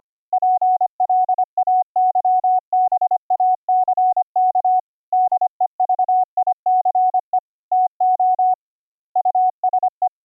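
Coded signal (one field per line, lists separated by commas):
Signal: Morse code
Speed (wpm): 25 wpm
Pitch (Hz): 740 Hz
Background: none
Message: PLAYBACK DEVICE TO USE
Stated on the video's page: Morse tones generated by the YPLog CW keyboard program, routed through a virtual audio cable and regenerated with the ReaGate VST plugin to reduce audio dropouts.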